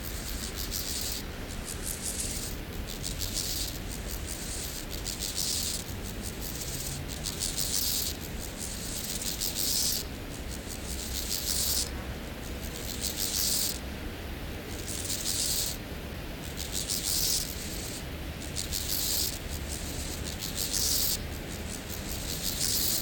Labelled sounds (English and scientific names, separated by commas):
Steppe Grasshopper (Chorthippus dorsatus) stridulation